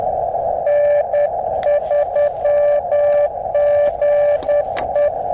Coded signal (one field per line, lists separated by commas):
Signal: Morse code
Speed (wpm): 10 wpm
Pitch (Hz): 1750 Hz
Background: radio noise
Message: N3GE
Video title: elecraft QRP ~ park & wire